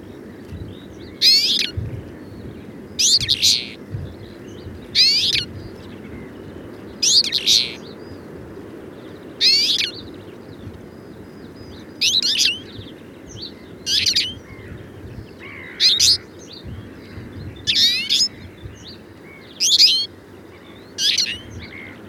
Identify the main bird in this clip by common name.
Twite